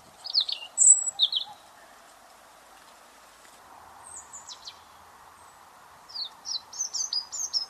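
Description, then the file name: European robin producing scattered phrases of high, thin whistles and trills, separated by a few seconds of quiet, ending in a run of sharp repeated notes; low hum throughout. "Erithacus rubecula"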